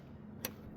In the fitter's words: line it up, push it down, you'll hear it lock into place.